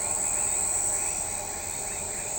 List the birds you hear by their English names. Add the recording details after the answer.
none. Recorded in shrubland near Pivijay, Magdalena, Colombia, on 18 April 2023 at 02:00. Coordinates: 10.453, -74.365. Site P5-G022